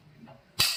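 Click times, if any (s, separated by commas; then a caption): 0.6 s. A TV mounting bracket is pushed onto a mobile TV cart frame. After a quiet stretch, a single loud, sharp lock click lands at 0.6 s, and its bright ring fades slowly. The bracket is locked in place and no longer moves side to side.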